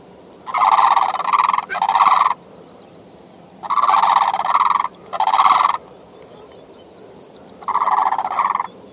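Bird calling with five rattling bursts, each under a second, in two pairs and then a single, over steady background noise.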